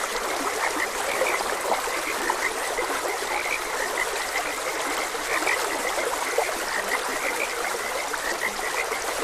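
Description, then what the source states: A frog chorus of quick, repeated chirpy croaks keeps going throughout, partly blended into a constant hiss of running stream water. Frogs recorded croaking beside a gentle stream.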